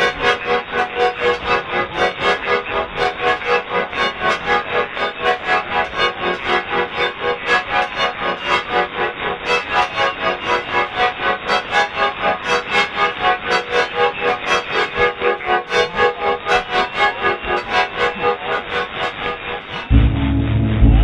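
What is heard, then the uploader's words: Shortwave radio noise pulses in a fast, steady rhythm, about two or three beats a second, a dense buzzing hiss with a warbling, tone-like quality through the middle and upper range. Near the end the sound abruptly shifts to a louder, rougher, lower static. A short relay of the strange, haunting and ghost-like night life of shortwave radio.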